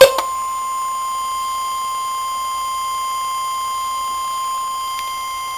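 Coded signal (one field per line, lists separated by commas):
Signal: Emergency Alert System (SAME) tones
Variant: 1050 Hz attention tone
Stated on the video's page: Required weekly test received on an AlertWorks EAR-10 and a Midland HH54VP2 handheld weather radio.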